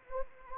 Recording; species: mosquito wingbeat signal from an infrared sensor; Anopheles arabiensis